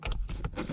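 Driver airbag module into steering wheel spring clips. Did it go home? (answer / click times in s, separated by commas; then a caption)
no / none. A driver airbag module is handled and lined up against the steering wheel of a 2015-2020 Ford F150, F250 or F350, ready to be pressed in so its spring clips snap into the tabs. Brief handling knocks come at about 0.1 s, followed by low rustling and shuffling. Nothing has seated or clicked yet.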